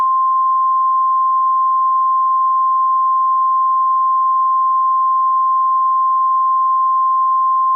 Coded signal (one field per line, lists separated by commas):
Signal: Emergency Alert System (SAME) tones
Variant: 1050 Hz attention tone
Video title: Mac OS X EAS Test